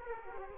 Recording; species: mosquito wingbeat signal from an infrared sensor; Aedes aegypti